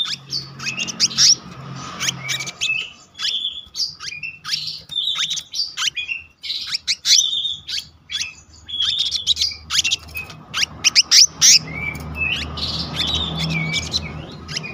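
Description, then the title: Selendang biru with a continuous song of rapid high chirps, short whistles and twittering phrases, with a low hum beneath. Gacor ngeroll: continuous, rolling song, with isian, song fill-in phrases. "BURUNG SELENDANG BIRU GACOR NGEROLL ISIAN"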